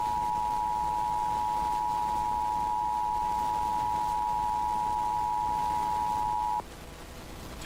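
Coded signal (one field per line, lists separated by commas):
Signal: Emergency Alert System (SAME) tones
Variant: 853 and 960 Hz attention tone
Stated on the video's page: Captured EAS alerts: monthly and weekly tests, civil authority, EAS participant, National Weather Service.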